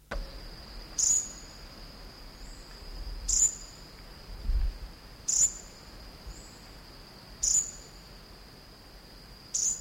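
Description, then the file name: Elegant sunbird giving short, piercing high chip notes, five in a row roughly every two seconds, with a continuous whining insect tone behind. Call recorded on Sangihe. "aethopyga duyvenbodei sangihe call"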